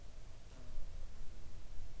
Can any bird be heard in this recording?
no